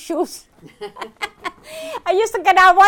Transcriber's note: they laugh